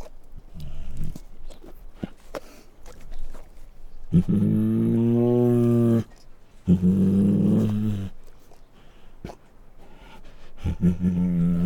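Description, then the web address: Bengal tiger growling and snarling, deep rumbling growls broken by harsh rasping snarls, with loud sustained bursts around the middle and scraping noises between. Female; growls and snarls. "Sound Ideas Tigers Sound Effects"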